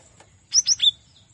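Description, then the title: Cinereous tit giving three quick piercing notes in a tight burst, with a faint constant high tone behind. Local name gelatik batu; a masteran, a training recording for cage birds. "Masteran Gelatik Batu"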